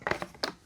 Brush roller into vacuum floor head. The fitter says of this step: rot it it should click into place now they do stand upright on their own and